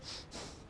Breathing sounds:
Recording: one breath in and out by a microphone near the nose and mouth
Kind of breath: strong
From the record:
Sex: male

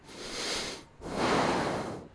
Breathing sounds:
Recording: one breath in and out by a microphone near the nose and mouth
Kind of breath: deep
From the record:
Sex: male

